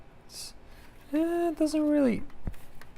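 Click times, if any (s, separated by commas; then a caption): none. Someone talks while handling the plastic case halves of an ASUS RT-N66U router after reassembly, with faint handling taps around 2.5 s and 2.8 s. Light pressure has not snapped the case back together because it needs more force, and no snap clip has clicked home into the router housing yet.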